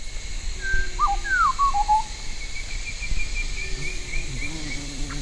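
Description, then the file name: Bird whistles a brief phrase of falling and stepped notes, followed later by softer, lower wavering tones near the end, all over a steady hum. "SABIOD 50 bird 2015"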